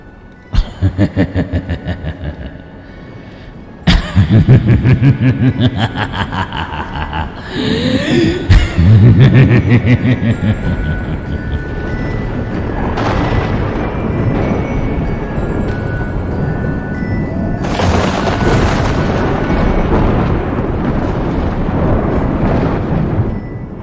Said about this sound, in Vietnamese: Sấm chớp ở trên trời bắt đầu kéo đến đì đà đì đùng, cơn mưa ập đến ngay sau đó.